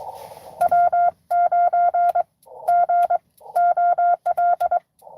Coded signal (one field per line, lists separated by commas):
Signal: Morse code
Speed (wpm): 22 wpm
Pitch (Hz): 1400 Hz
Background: none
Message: W9GOL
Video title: N2AKJ is live! doing a 12days of xmas pota #12daysofxmas #n2akj #pota #morsecode